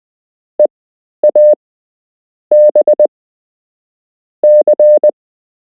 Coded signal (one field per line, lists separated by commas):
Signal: Morse code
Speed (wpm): 20 wpm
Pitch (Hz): 600 Hz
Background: none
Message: EAB C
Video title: You can learn Morse code - Part 1